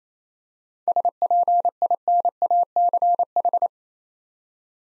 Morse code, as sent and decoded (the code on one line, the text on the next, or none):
... .--. .. -. .- -.-. ....
SPINACH